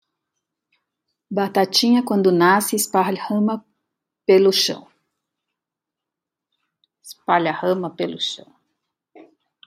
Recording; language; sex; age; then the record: short text; Brazilian Portuguese; female; 60 to 69 years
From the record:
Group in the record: control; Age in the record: 62 years